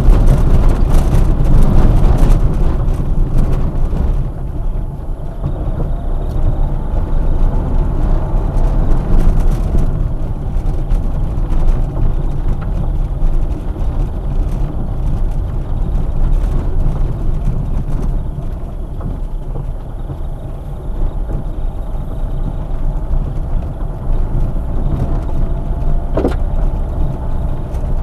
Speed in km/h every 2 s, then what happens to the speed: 18, 12, 16, 22, 19, 18, 19, 19, 12, 8, 12, 15, 16, 16.
3-6 speeds up to 22. 6-14 steady at about 19. 14-17 brakes to 8.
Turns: 15-28.